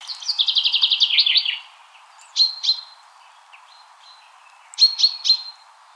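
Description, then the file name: Common chaffinch: a fast, slightly falling trill of about a dozen high notes for over a second, then two short bursts of two or three sharp high notes. "Fringilla coelebs"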